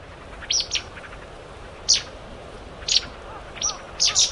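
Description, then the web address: Pale thrush giving a few thin, very high, sharp call notes at irregular intervals, with faint soft lower notes from another bird near the end. Taiwan. "白腹鶇"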